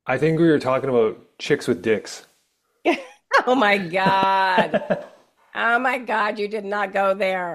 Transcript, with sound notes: I think we were talking about chicks with dicks.
(laughs) Oh my God.
(laughs)
Oh my God, you did not go there.